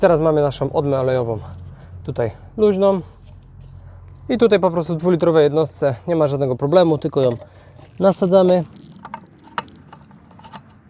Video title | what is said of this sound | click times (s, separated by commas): Wymiana uszczelki odmy olejowej i korka oleju VW Golf IV/Bora/Passat B5. Replacement Oil drain. | przekręcamy ona tutaj kliknie sobie nam sprawdzamy ci dobrze od siedzi | 9.6 s